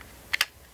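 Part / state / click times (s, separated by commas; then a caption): fixed-blade knife into kydex sheath / seated / 0.3 s, 0.4 s. A TOPS Silent Hero 4 fixed-blade knife is pushed into its taco-style kydex sheath, and two sharp, bright clicks ring out at 0.3 and 0.4 seconds against a quiet background. The knife seats firmly with a solid click and no rattling or shaking.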